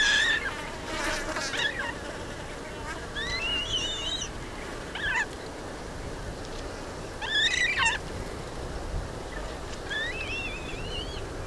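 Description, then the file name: Black-breasted buzzard calling with high, wavering whistled notes in short bursts, some overslurred, among crackling bursts of noise and a constant hiss. "Hamirostra Melanosternon"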